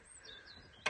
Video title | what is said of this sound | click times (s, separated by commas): Servicing My NEGLECTED Mercedes CLS Shooting Brake - OM651 Oil and Filter Change | It should click in like so. | 0.9 s